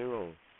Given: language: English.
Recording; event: throat vibration sensor signal played as sound; speech